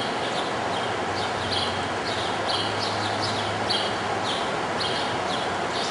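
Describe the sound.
Grackle calls: short, harsh chattering notes in quick repeated bursts, over a constant broad rushing background noise.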